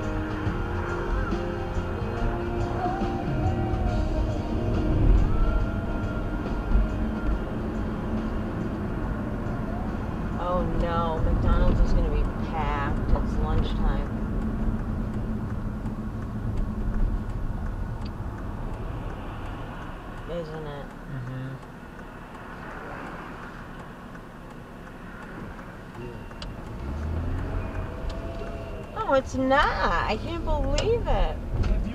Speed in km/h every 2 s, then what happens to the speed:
18, 21, 31, 39, 45, 45, 45, 35, 23, 11, 0, 0, 0, 6, 10, 18.
0-7 speeds up to 45. 7-12 steady at about 45. 12-19 brakes to 0. 19-25 standing. 25-32 pulls away to 18.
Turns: none.